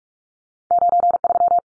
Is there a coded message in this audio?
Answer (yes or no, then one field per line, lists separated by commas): yes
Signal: Morse code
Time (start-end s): 0.7-1.6 s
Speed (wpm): 44 wpm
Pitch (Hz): 700 Hz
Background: none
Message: 93